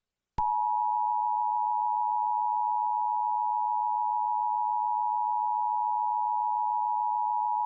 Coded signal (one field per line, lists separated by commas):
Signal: Emergency Alert System (SAME) tones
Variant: 853 and 960 Hz attention tone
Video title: EAS Scenario: Kee hat#s me (FULL)